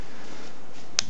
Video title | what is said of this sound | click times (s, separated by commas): Mastermind Creations MMC Reformatted R05 Fortis Review | got locked in place so nice thing about this is everything locks in place really really nicely and | 1.0 s